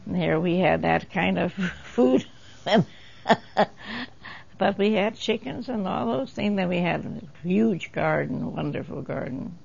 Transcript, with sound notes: here we had that kind of food. (laughs) But we had chickens and all those things and we had a huge garden, a wonderful garden.